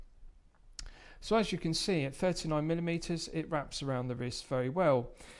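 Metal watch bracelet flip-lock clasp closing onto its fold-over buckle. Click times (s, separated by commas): 0.8 s, 0.9 s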